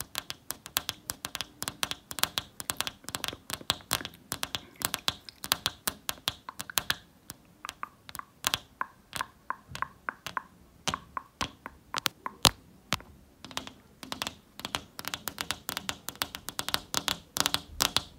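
Long fingernails tap rapidly on window glass, producing sharp, bright clicks in dense, uneven bursts throughout. The tapping thins out slightly around the middle before picking up again, with a faint low hum underneath the whole time.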